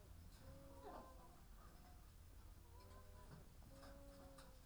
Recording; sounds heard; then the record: poultry house recording; sick chickens (respiratory disease)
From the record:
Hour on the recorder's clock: 15